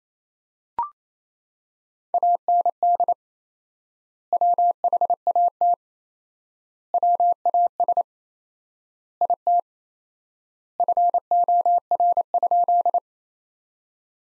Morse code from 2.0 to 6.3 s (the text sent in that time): AND WHAT